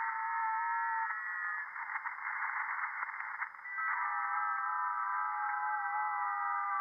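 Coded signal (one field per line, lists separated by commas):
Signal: FT8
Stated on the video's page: FT8 received live over the air on 40 m via an NVIS dipole with real ham gear, not an SDR or simulation.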